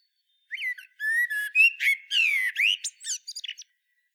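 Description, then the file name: Common blackbird song: a continuous phrase of varied fluty whistles, some rising and falling, finishing with rapid high twittering notes. "Turdus merula"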